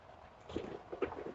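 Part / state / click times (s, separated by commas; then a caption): RAM module into motherboard DIMM slot / not seated / none. The first RAM stick is pushed toward a motherboard DIMM slot, giving soft, low scuffing and rubbing bursts around 0.5–0.7 s and a slightly louder one near 1.0 s. Its notch does not line up with the slot key, so the module does not go in. Nothing has seated or clicked yet.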